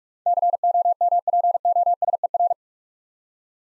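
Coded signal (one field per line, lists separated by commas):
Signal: Morse code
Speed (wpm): 44 wpm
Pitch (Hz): 700 Hz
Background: none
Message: COMPOSER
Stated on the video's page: Morse Code Ninja "Build A Word" practice: 8-letter words built up three letters at a time, sent at 45 wpm for instant character recognition.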